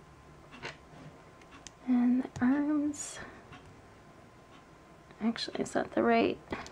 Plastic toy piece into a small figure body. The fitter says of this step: Now these are pretty neat because they just snap right in.